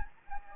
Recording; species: mosquito wingbeat signal from an infrared sensor; Anopheles gambiae